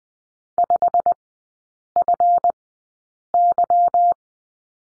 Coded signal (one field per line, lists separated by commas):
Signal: Morse code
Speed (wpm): 20 wpm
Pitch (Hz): 700 Hz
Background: none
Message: 5FY